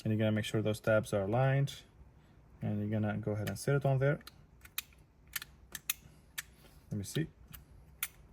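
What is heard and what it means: A replacement engine start/stop button assembly for a BMW is handled over its mount in the car's center console trim with its tabs aligned, while someone talks. Several short, sharp plastic ticks and taps follow from about 4.8 s to 8.0 s. Nothing has seated or clicked into place yet.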